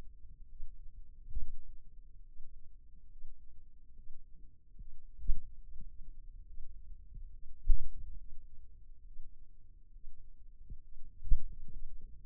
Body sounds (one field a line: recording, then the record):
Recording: forearm muscle sounds (acoustic myography)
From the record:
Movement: finger pinch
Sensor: system 2, bracelet of six BSWA MPA416 microphones around the upper forearm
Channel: 5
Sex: male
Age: 22 years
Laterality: right